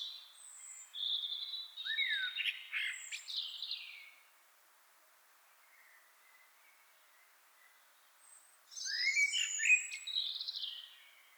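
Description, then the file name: Common blackbird with two separate phrases, each a mix of short warbled notes and high squeaky twittering, divided by about four seconds of quiet. "Turdus merula"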